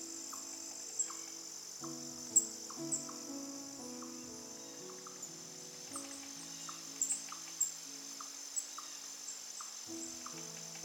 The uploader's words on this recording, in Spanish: Suave CANTO DE PÁJAROS y MELODIA Relajante. Suave canto de los pájaros y las melodías relajantes.